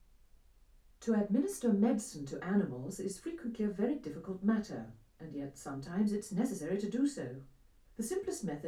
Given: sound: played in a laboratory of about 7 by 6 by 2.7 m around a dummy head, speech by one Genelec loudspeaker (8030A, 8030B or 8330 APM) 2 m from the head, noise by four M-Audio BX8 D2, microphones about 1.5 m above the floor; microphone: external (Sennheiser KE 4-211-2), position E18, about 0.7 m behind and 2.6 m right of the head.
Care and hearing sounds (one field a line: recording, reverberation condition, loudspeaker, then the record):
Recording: female speech in English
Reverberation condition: low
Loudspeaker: behind (180 degrees)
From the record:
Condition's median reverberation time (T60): about 310 ms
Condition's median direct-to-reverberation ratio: about 3.5 dB